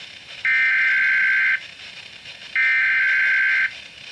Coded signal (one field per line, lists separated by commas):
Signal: Emergency Alert System (SAME) tones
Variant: header bursts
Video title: EC Snow Squall Watch (EAS #31)